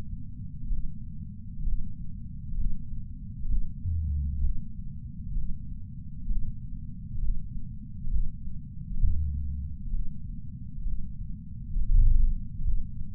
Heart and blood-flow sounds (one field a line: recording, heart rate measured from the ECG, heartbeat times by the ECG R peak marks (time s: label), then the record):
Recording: heart sounds by patch sensor on the chest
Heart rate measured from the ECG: 65 bpm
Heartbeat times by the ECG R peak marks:
0.69 s: heartbeat
1.64 s: heartbeat
2.56 s: heartbeat
3.48 s: heartbeat
4.41 s: heartbeat
5.34 s: heartbeat
6.28 s: heartbeat
7.20 s: heartbeat
8.10 s: heartbeat
9.00 s: heartbeat
9.91 s: heartbeat
10.84 s: heartbeat
11.75 s: heartbeat
12.64 s: heartbeat
From the record:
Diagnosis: coronary artery disease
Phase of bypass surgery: preoperative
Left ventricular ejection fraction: 61.9%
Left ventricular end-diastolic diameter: 48 mm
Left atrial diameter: 36 mm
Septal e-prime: 9.5 cm/s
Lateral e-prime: 18.5 cm/s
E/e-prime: 6.6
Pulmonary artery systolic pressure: 30 mmHg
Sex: male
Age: 59 years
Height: 175 cm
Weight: 76 kg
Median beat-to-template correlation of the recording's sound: 0.85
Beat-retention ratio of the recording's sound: 0.99